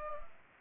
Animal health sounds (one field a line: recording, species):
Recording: mosquito wingbeat signal from an infrared sensor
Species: Anopheles arabiensis